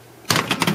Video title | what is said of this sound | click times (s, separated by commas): Sony_UPCX-1_basics.mp4 | can stick it in the front of the printer until it clicks in | 0.3 s